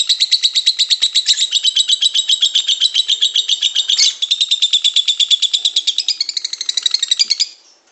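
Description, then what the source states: Lovebird giving a long, fast, buzzy chattering trill of rapid repeated high notes, steady for about seven seconds before stopping abruptly. Pet lovebird's long ngekek trilling song, used as a master recording to train other birds to sing and to prompt them (kicau pancingan).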